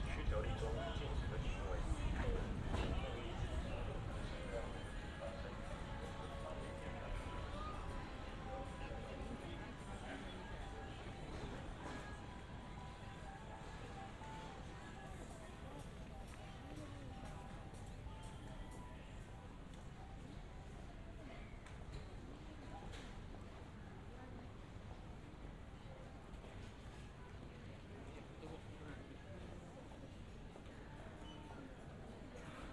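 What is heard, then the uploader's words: A street walk in Harajuku, Tokyo, full of overlapping crowd chatter and footsteps that never let up. It is loudest in the first few seconds, then settles into a steady dense murmur with a low rumble of traffic underneath and occasional brief clacks. 3D AUDIO Walking in Harajuku(原宿)Tokyo, Japan.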